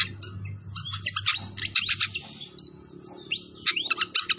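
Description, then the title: Pied fantail song: rapid bursts of sharp high chips and short whistled slurs, with pauses between dense chattering phrases and a faint low hum beneath. Clear song; training recording for tutoring songbirds. "Masteran Sikatan Kipas Suara Jernih Dan Suara Gemericik Air"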